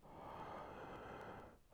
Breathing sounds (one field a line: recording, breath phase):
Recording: one breath near a microphone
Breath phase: inhalation